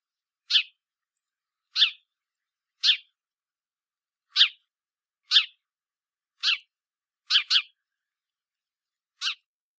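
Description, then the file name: House sparrow giving single sharp chirps roughly once a second, with one quick double chirp near the end, nothing else audible. "Passer domesticus"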